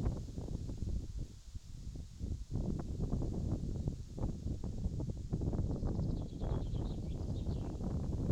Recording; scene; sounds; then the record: everyday scene through a hearing-aid microphone; wind on the microphone; wind, birds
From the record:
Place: in front of a rural house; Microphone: in the ear canal, left